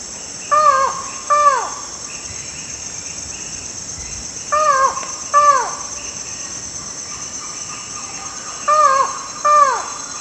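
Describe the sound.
Buckley's forest falcon calling in paired, nasal, downslurred notes, each pair repeated about every four seconds, over a steady high insect drone.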